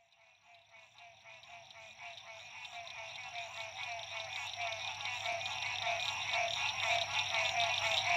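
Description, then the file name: Frog chorus of many overlapping pulsed trills, growing steadily louder from the start to the end, with a faint low hum underneath. Frogs calling at dusk in Illinois. "Illinois La Rue PH Frogs Dusk"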